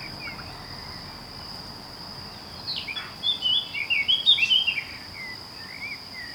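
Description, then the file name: Eurasian blackcap song: a brief burst of rich, rapid warbling notes in the middle, over a steady high insect hum. "Sylvia atricapilla"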